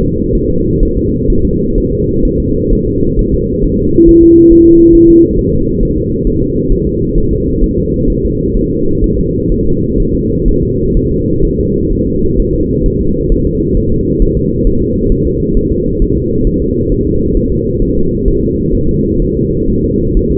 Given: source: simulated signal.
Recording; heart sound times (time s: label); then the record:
fetal heart sounds
0.02 s: S2
0.35 s: S1
0.50 s: S2
0.83 s: S1
0.97 s: S2
1.30 s: S1
1.45 s: S2
1.78 s: S1
1.92 s: S2
2.25 s: S1
2.40 s: S2
2.73 s: S1
2.87 s: S2
3.19 s: S1
3.34 s: S2
3.64 s: S1
3.79 s: S2
4.09 s: S1
4.23 s: S2
4.52 s: S1
4.67 s: S2
4.95 s: S1
5.10 s: S2
5.39 s: S1
5.53 s: S2
5.83 s: S1
5.97 s: S2
6.27 s: S1
6.42 s: S2
6.72 s: S1
6.87 s: S2
7.18 s: S1
7.33 s: S2
7.64 s: S1
7.78 s: S2
8.10 s: S1
8.25 s: S2
8.57 s: S1
8.71 s: S2
9.04 s: S1
9.19 s: S2
9.52 s: S1
9.67 s: S2
10.00 s: S1
10.15 s: S2
10.48 s: S1
10.63 s: S2
10.97 s: S1
11.12 s: S2
11.45 s: S1
11.60 s: S2
11.92 s: S1
12.07 s: S2
12.39 s: S1
12.54 s: S2
12.86 s: S1
13.01 s: S2
13.32 s: S1
13.47 s: S2
13.77 s: S1
13.92 s: S2
14.22 s: S1
14.37 s: S2
14.67 s: S1
14.82 s: S2
15.12 s: S1
15.27 s: S2
15.57 s: S1
15.72 s: S2
16.02 s: S1
16.17 s: S2
16.47 s: S1
16.62 s: S2
16.92 s: S1
17.07 s: S2
17.37 s: S1
17.52 s: S2
17.82 s: S1
17.97 s: S2
18.28 s: S1
18.43 s: S2
18.75 s: S1
18.89 s: S2
19.22 s: S1
19.37 s: S2
19.70 s: S1
19.84 s: S2
20.17 s: S1
20.31 s: S2
From the record:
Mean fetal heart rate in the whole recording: 130 bpm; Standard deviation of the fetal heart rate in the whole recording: 4 bpm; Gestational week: 38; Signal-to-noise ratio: -15.3 dB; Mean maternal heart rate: 72 bpm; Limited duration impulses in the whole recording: present